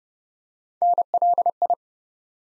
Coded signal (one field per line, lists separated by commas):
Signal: Morse code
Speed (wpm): 30 wpm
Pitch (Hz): 700 Hz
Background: none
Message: NLI